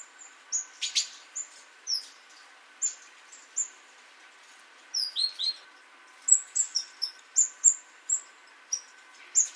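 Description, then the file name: Great tit calling busily with high, thin, sometimes down-slurred notes and a few rougher buzzy bursts, delivered in irregular clusters throughout. "Parus major"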